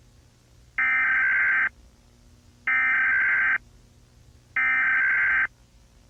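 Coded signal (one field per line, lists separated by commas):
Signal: Emergency Alert System (SAME) tones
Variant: header bursts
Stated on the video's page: Fictional EAS alert, The Oceans Vengeance.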